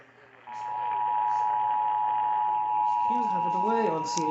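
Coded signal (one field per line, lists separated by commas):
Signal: Emergency Alert System (SAME) tones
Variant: 853 and 960 Hz attention tone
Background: speech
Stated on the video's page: AMBER Alert broadcast for Greensboro, North Carolina.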